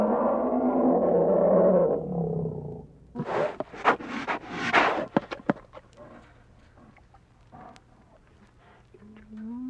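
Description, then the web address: Bear roar, a deep rough bellow lasting about three seconds, followed by bursts of rustling and scraping and a short low moan at the end. "Bobby Cole Bear"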